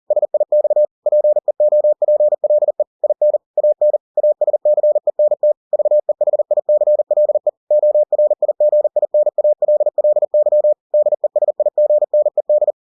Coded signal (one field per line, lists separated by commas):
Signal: Morse code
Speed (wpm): 40 wpm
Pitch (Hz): 600 Hz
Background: none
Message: SIX PEOPLE IN AN ASCENT VEHICLE ORIGINALLY DESIGNED